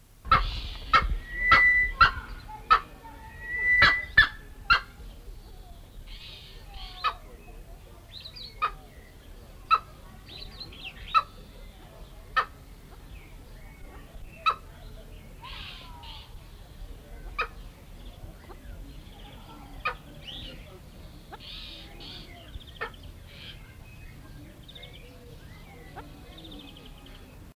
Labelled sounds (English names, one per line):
Cheer Pheasant call